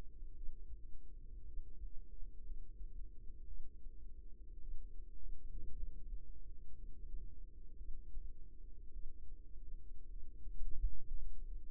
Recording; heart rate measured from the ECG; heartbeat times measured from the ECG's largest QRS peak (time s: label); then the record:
heart sounds by microphone in the right ear; 56 bpm
0.34 s: heartbeat
1.44 s: heartbeat
2.42 s: heartbeat
3.46 s: heartbeat
4.59 s: heartbeat
5.74 s: heartbeat
6.74 s: heartbeat
7.76 s: heartbeat
8.91 s: heartbeat
10.07 s: heartbeat
11.13 s: heartbeat
From the record:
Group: healthy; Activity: rest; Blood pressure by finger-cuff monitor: 86/55 mmHg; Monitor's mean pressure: 64 mmHg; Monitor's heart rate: 56 bpm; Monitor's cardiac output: 4.3 L/min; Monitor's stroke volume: 77 mL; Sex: female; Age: 36 years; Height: 163 cm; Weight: 88 kg